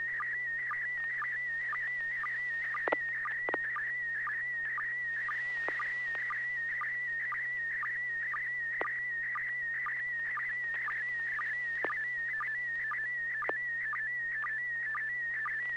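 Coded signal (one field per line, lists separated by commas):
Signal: SSTV (slow-scan television)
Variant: PD120 mode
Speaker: So I'll be transmitting PD 120, and here it comes.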